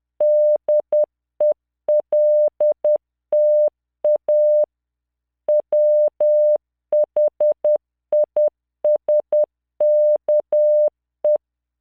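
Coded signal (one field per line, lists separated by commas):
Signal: Morse code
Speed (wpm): 10 wpm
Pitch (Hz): 600 Hz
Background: none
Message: DELTA WHISKE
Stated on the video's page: Morse practice drill at 10 WPM, 600 Hz tone, standard 3-dot spacing, generated by LearningMorse V.0.83 software under Wine on Xubuntu.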